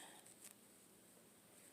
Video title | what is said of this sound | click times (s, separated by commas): Hey Let's Go Crochet TOTORO | you hear it clicked | 0.5 s